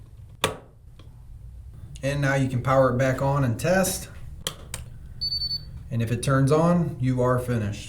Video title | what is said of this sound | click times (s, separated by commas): Minn Kota Ultrex On/Off Power Switch Replacement - Trolling Motor Repair | and push it down until it locks in place | 0.4 s